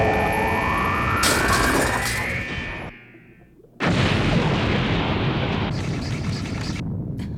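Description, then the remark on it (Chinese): In the anime GUNDRESS, a wailing alarm and rushing noise fade to a brief lull, then a sudden loud explosion of a tunnel set off by an automatic self-destruct device bursts in and rolls on as a heavy, sustained roar and rumble. “已经探测出爆炸的声音。”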